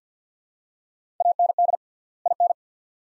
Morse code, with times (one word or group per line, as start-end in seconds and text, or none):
1.2-1.8 AND
2.3-2.5 IN